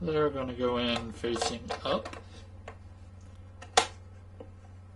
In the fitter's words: that was a nice little click